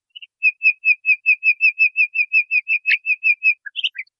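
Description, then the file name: Nightingale song: a steady series of many identical slurred whistles at an even pace, ending in a few scratchier notes. Training recording (masteran) used to teach singing to caged birds. "suara masteran nightingale"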